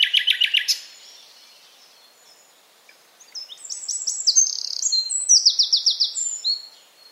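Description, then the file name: Common nightingale song opening with a fast rattling series of high notes, falling silent for about two seconds, then a run of whistled notes repeated in quick succession. "Luscinia megarhynchos"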